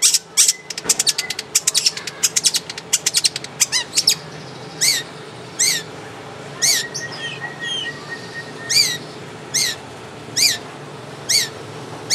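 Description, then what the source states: Long-tailed shrike song: bursts of sharp high chirps and buzzy notes, then spaced, repeated down-slurred whistles with a drawn-out thin note between them. Masteran (training audio) for caged birds, long-tailed shrike called cendet and pentet, tembakan style.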